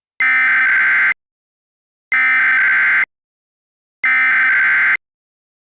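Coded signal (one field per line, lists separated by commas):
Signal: Emergency Alert System (SAME) tones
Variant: header bursts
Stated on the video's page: Fake EAS mock announcing an outdoor warning siren test.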